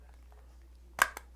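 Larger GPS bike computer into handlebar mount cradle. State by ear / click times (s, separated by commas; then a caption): not seated / none. A larger GPS bike computer, a Garmin 800, is pushed onto the plastic cradle of a RockBros out-front handlebar mount. A sharp, loud knock at about 1.0 s and a softer tap at about 1.2 s come over a low steady hum, but the unit misses the cradle and does not lock in. Nothing has seated or clicked yet.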